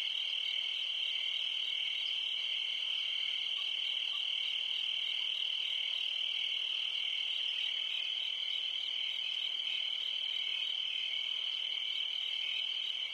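Steady chorus of crickets, a piercing high trill that never pauses or shifts pitch across the whole stretch.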